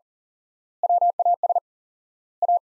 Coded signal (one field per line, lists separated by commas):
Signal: Morse code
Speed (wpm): 37 wpm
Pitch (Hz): 700 Hz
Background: none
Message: WAS A